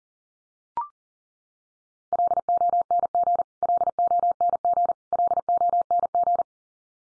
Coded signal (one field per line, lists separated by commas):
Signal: Morse code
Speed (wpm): 40 wpm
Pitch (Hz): 700 Hz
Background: none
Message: LONG LONG LONG